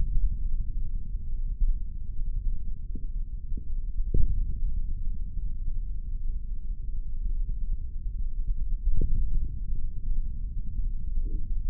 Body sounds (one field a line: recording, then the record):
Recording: forearm muscle sounds (acoustic myography)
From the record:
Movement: index flexion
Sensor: system 3, bracelet of six PUI Audio POM-2738L microphones around the upper forearm, with dedicated amplification and filtering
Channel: 4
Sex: male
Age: 55 years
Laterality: right